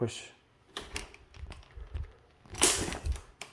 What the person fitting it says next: You would have heard that little snap.